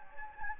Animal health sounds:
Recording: mosquito wingbeat signal from an infrared sensor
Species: Anopheles gambiae

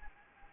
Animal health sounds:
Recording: mosquito wingbeat signal from an infrared sensor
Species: Anopheles gambiae

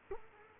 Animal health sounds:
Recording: mosquito wingbeat signal from an infrared sensor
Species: Culex quinquefasciatus

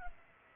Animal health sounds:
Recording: mosquito wingbeat signal from an infrared sensor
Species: Culex pipiens

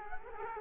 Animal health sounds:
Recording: mosquito wingbeat signal from an infrared sensor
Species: Culex quinquefasciatus

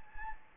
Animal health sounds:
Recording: mosquito wingbeat signal from an infrared sensor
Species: Anopheles gambiae

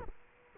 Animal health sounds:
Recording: mosquito wingbeat signal from an infrared sensor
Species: Culex quinquefasciatus

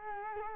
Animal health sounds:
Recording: mosquito wingbeat signal from an infrared sensor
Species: Culex quinquefasciatus

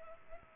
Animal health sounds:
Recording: mosquito wingbeat signal from an infrared sensor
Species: Culex pipiens

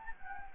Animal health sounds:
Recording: mosquito wingbeat signal from an infrared sensor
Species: Anopheles gambiae

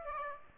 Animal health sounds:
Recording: mosquito wingbeat signal from an infrared sensor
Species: Aedes aegypti

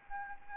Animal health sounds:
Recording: mosquito wingbeat signal from an infrared sensor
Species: Anopheles gambiae

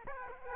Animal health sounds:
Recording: mosquito wingbeat signal from an infrared sensor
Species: Aedes aegypti

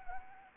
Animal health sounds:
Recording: mosquito wingbeat signal from an infrared sensor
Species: Anopheles arabiensis

